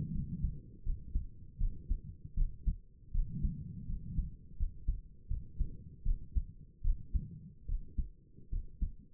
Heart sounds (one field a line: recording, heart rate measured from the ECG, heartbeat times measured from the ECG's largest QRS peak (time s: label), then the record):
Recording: heart sounds by stethoscope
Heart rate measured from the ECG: 79 bpm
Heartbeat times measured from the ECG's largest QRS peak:
0.13 s: heartbeat
0.85 s: heartbeat
1.59 s: heartbeat
2.36 s: heartbeat
3.13 s: heartbeat
3.88 s: heartbeat
4.58 s: heartbeat
5.29 s: heartbeat
6.04 s: heartbeat
6.83 s: heartbeat
7.67 s: heartbeat
8.51 s: heartbeat
From the record:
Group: healthy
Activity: cold pressor test 0-7 s, rest 7-9 s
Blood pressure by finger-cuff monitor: 95/60 mmHg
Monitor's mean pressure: 69 mmHg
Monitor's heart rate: 80 bpm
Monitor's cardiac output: 6.4 L/min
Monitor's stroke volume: 80 mL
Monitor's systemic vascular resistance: 770 dyn s/cm5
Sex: female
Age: 22 years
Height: 163 cm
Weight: 67.1 kg